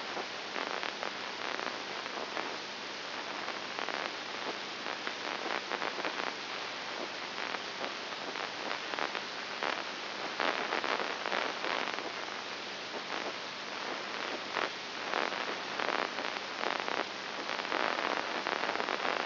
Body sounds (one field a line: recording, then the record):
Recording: brain microelectrode recording played as sound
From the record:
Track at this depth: outside the subthalamic nucleus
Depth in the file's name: 7.1 mm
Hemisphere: left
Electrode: 2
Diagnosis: Parkinson's disease